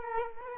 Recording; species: mosquito wingbeat signal from an infrared sensor; Culex quinquefasciatus